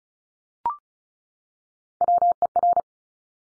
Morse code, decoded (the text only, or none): WER